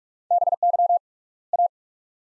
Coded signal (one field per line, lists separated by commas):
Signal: Morse code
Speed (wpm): 45 wpm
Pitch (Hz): 700 Hz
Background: none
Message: BY A